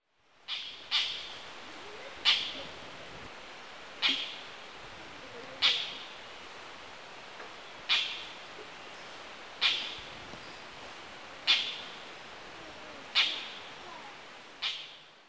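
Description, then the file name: Oriental dollarbird calls: a harsh, rasping single note repeated every couple of seconds, several times, over a steady hiss. Recorded on 3 August 1997 in Tottori. "bupposo 970803 tottori kuroda"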